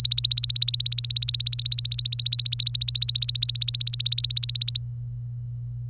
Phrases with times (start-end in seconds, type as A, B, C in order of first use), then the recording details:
0.00-4.79 A. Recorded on 25 April 2018 at 06:43. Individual llb3